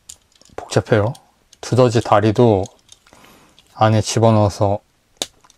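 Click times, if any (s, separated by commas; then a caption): 5.2 s. A plastic leg or caterpillar part of a small plastic model kit is pushed inside its joint socket while someone talks. After the speech ends, one sharp, loud click sounds at 5.2 s as the part seats into place.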